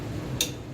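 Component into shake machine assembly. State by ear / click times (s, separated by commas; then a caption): seated / 0.4 s. A component is slid down into place on a shake machine assembly and snaps into its mating piece. A sharp, bright click sounds at 0.4 s over a low background hum, followed by a faint second tick near the end. The part is seated.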